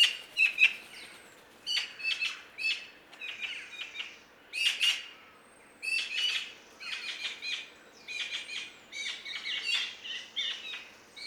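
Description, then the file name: Eurasian magpie chattering, a long series of dry, harsh clipped notes in rapid irregular bursts, nearly continuous, with faint high twitters in the background. "Pica pica"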